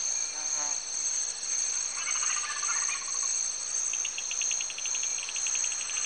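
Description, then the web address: Insects drone in a continuous high shrill chorus while a sharper pulsed trill starts and stops in short bursts; brief warbling calls from other animals break in. Recorded in Cameroon, Africa. "BBC Sound Effects Library. Cameroun, Turaco Birds, Insects"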